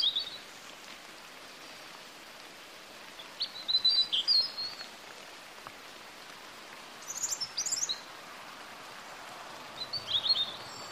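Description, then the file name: European robin singing short, high, sparkling phrases separated by pauses of a few seconds, with a steady hiss underneath. "Erithacus rubecula"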